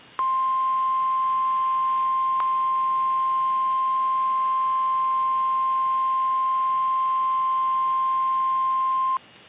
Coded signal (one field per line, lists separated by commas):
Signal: Emergency Alert System (SAME) tones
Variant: 1050 Hz attention tone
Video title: Omaha getting hit | 6/7/22 - Severe Thunderstorm Warning for Omaha on KIH61 (EAS #523)